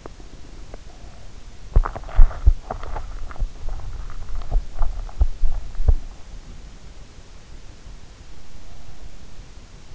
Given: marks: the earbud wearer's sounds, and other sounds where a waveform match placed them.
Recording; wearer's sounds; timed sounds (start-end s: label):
sounds in sleep by an in-ear microphone; teeth grinding
0.00-1.01 s: teeth grinding
1.43-4.06 s: teeth grinding
4.29-6.55 s: teeth grinding